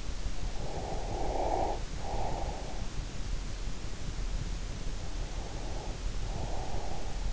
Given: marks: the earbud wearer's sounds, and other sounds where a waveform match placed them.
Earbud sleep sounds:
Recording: sounds in sleep by an in-ear microphone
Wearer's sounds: breath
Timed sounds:
0.18-3.17 s: breath
4.73-7.33 s: breath

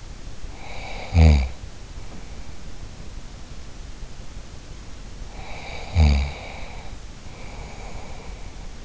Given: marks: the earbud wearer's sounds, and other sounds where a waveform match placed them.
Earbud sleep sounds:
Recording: sounds in sleep by an in-ear microphone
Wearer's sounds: snoring breath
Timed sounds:
0.43-2.72 s: snoring breath
5.32-8.84 s: snoring breath

